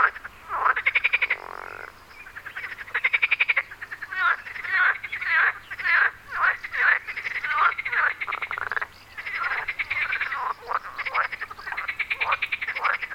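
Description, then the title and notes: Steady chorus of frogs with buzzy pulsed croaks overlapping continuously, occasional louder rattling bursts standing out from the crowd. Frogs on Wyspa Sobieszewska, Gdańsk, Poland. "Wyspa Sobieszewska, Gdańsk, Poland - Frogs. Żaby."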